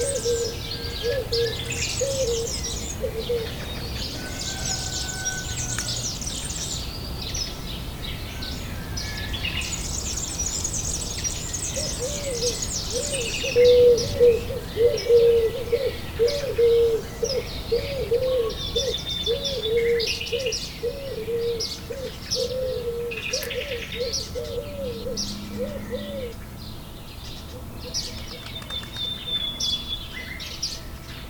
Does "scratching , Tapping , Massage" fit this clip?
no